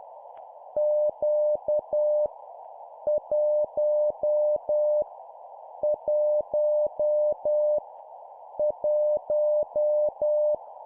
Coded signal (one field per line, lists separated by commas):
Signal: Morse code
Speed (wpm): 10 wpm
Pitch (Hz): 600 Hz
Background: none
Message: Q 1 1 1